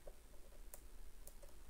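A microSD card, metal contacts facing the display, is pushed with a razor blade into the spring-loaded card slot of a Radiomaster TX16s RC transmitter until it latches. A faint tap sounds at 0.1 s, then a sharp, bright click at 0.7 s as the card seats, followed by another short tick at 1.3 s. The card is seated in the slot.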